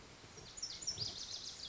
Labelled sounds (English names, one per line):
Lazuli Bunting